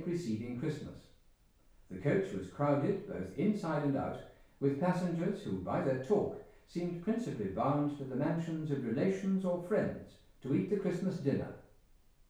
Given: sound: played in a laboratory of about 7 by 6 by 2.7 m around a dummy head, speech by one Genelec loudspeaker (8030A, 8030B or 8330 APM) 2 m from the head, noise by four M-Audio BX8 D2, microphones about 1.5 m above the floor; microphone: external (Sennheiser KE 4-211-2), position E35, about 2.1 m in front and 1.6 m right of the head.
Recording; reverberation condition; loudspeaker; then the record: male speech in English; medium; in front (0 degrees)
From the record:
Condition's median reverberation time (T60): about 510 ms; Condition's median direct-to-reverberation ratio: about -0.5 dB